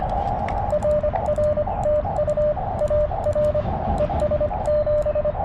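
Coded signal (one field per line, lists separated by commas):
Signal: Morse code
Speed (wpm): 24 wpm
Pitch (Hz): 590 Hz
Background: radio noise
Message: RR TU AR ES 7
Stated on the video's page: Morse from a Parks on the Air activation using a KX2, on a band other than 40m, with slow activity.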